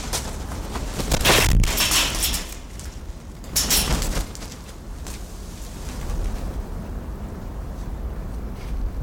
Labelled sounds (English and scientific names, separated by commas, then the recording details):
Spot-bellied Eagle-Owl (Bubo nipalensis) call
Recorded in captivity
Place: Zoo Berlin, Berlin, DE
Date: 1995-09-14 18:35
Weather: leicht bewölkt, 16°C
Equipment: Sony WM-D6C, Sennheiser ME 80, Kopie Uher 4000 Report Monitor
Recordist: Tembrock, Günter
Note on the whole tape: Flug und Schnabelknacken